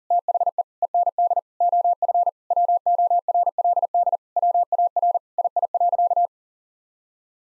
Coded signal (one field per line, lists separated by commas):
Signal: Morse code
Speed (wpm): 40 wpm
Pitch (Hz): 700 Hz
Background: none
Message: THE END OF WORLD WAR II.